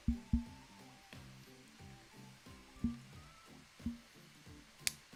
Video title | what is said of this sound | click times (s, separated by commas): Building Gundam Dynames | that is a satisfying click | 4.9 s